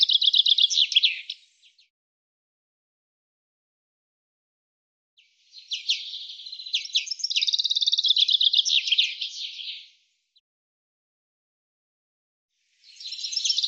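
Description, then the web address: Bird singing high-pitched trilled phrases: one ends early, a long rattling phrase runs about four seconds midway, and another begins at the end. Silence between phrases. "cianscape birddata Deverinetal 2025 Bird"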